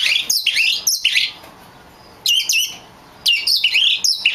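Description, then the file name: Oriental magpie-robin singing in short bursts of high, sweeping whistled notes, separated by short pauses. Kacer (magpie-robin) of the lutung cebu type. "audio burung kacer lutung cebu. omkicau"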